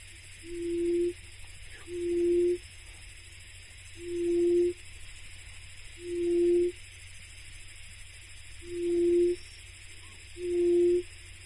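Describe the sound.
Forest buttonquail booming call: six low, hollow hoots, each swelling in volume, repeated at intervals of a couple of seconds, over steady background noise.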